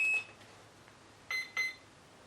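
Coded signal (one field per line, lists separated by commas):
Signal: beep code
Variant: RC electronic speed controller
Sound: brief higher beep fading out, pause, then two short electronic beeps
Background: quiet room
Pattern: 2 short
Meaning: Two beeps confirm the speed controller registered full throttle during calibration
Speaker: if that 100 I plug in our power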